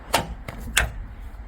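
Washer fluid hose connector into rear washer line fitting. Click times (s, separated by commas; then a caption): 0.8 s. A repaired plastic washer-fluid line connector on a Skoda Octavia 2 Facelift is pushed back into its rear washer line fitting toward the rear window, as part of fixing washer fluid that was not reaching the rear window. Two short ticks at about 0.2 s and 0.5 s come before a sharp, bright click at 0.8 s as the coupling locks into place, and the connector is seated.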